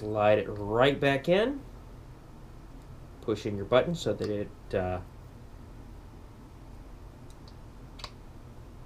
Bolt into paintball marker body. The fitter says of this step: locks into place in the final point in that little s pattern it gets